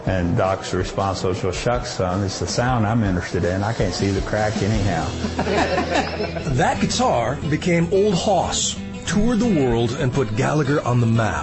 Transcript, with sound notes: And Doc`s response was, shucks, son, it`s the sound I`m interested in, I can`t see the crack anyhow.
(LAUGHTER) That guitar became "Ole Hoss", toured the world and put Gallagher on the map.